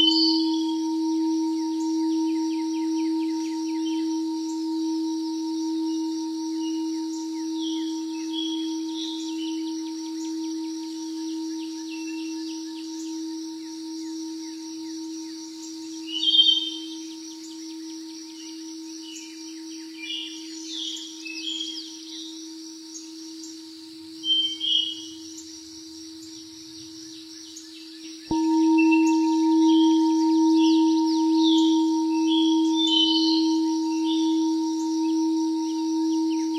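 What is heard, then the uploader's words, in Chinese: A singing bowl hums as one steady low tone with a fainter higher ring above it, and it is struck again at about 28 seconds, swelling louder. Over it, birds chirp and twitter throughout, with brief louder calls around 16 and 25 seconds. 自然音疗丨大自然頌砵音樂。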